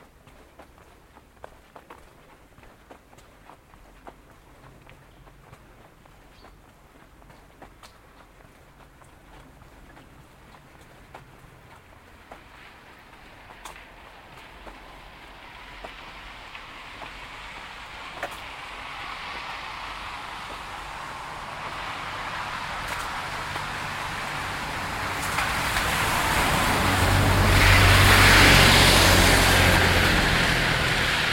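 A walk through Woodwell in Silverdale, with scattered footsteps and small clicks at the start over a quiet, low background. From about 15 seconds a steady hiss builds, swelling into a loud rushing wash around 27 to 30 seconds.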